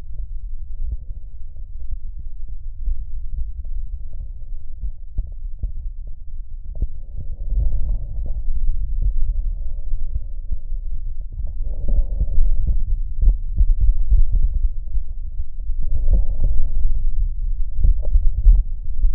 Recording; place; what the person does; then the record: lung sounds by stethoscope; left anterior apical chest; quiet breathing, then deep breathing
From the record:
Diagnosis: interstitial lung disease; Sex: male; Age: 75 years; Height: 167 cm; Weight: 68 kg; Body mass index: 24.4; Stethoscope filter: extended mode